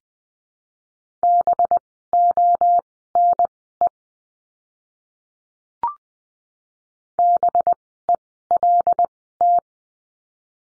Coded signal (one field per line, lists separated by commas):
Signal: Morse code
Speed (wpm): 20 wpm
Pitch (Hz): 700 Hz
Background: none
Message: BONE BELT